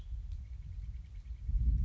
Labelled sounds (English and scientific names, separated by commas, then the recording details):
Western Tanager (Piranga ludoviciana)
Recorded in Sonoma County, California